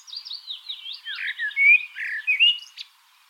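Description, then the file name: Common blackbird singing, mellow fluted warble sliding up and down, with a twittering high flourish at the end of the phrase. "Turdus merula"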